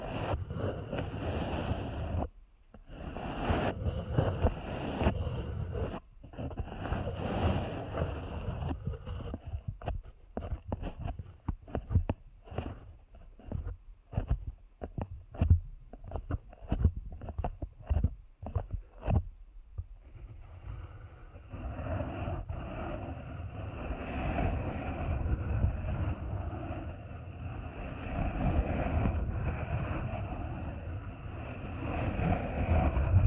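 Deep ear canal massage, heard as heavy, muffled rubbing with a strong low rumble. Through the middle it breaks into quick, choppy strokes with short silent gaps, then from about twenty seconds it settles into a steadier, continuous scratchy rubbing.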